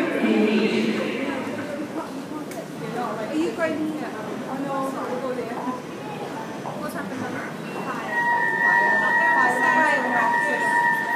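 A fire alarm sounds in a large, busy terminal, a steady high electronic tone starting around eight seconds and running to the end with short bursts above it. Before that, a crowd of voices murmurs and echoes through the hall.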